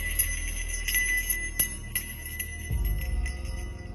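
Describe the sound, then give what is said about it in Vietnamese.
A small hand bell, taken from a shoulder bag, is shaken by hand by a master, ringing repeatedly in quick, jangling shakes, its bright metallic tones sustained high and shimmering over a low rumbling background, with no voices. “Sau đó miệng của thầy cứ dì dầm cái gì, tay thầy lắc chuông.”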